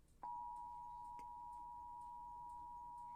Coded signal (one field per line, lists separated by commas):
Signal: Emergency Alert System (SAME) tones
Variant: 853 and 960 Hz attention tone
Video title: Flash Flood Warning on NJPBS (EAS #108)